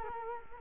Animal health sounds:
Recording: mosquito wingbeat signal from an infrared sensor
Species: Culex quinquefasciatus

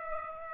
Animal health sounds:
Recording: mosquito wingbeat signal from an infrared sensor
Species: Aedes aegypti

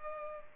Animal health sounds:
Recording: mosquito wingbeat signal from an infrared sensor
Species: Culex pipiens

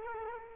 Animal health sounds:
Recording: mosquito wingbeat signal from an infrared sensor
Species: Culex quinquefasciatus

